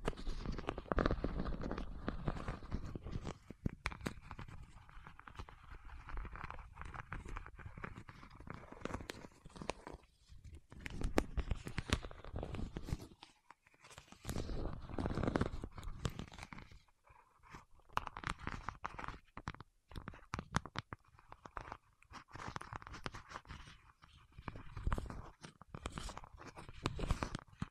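Fingertips pressing and rubbing wax make dense, crackly crunching with sharp clicks throughout, pausing briefly around 10, 13, 17 and 24 seconds.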